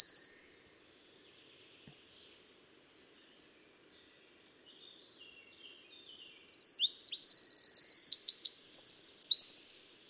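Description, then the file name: Eurasian wren: a brief high trill at the start, several seconds of near silence, then a loud, rapid, shrill song with fast trills lasting about four seconds. "Troglodytes troglodytes"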